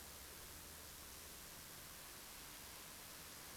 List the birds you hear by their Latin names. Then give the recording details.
none. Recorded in France